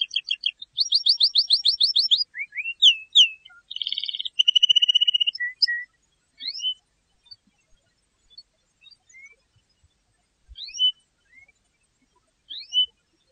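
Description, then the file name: Canary song opening with fast repeated trills and sweeping notes and a buzzy roll, then sparse single chirps with long gaps. "Canary Voice"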